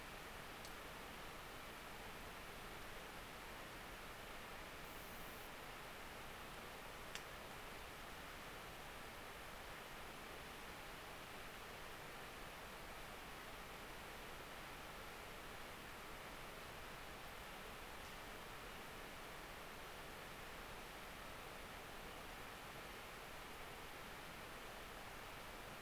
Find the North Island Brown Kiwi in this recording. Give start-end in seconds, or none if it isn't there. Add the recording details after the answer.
none. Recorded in New Zealand on 10 October 2014. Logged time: 22:59. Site DE66